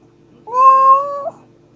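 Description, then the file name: Domestic cat giving a single drawn-out meow, steady in pitch and ending with a brief upward flick. Pet cat named Cammi. "My Cat Cammi Meowing"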